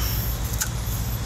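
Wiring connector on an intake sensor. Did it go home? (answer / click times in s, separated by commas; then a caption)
yes / 0.6 s. A wiring connector with a locking lever is pushed back onto an intake sensor on a 2009 Mustang GT during a cold air intake reinstall and turned until it locks. A steady low rumble runs underneath, and a short, sharp click sounds at 0.6 s. The connector seats and is back in.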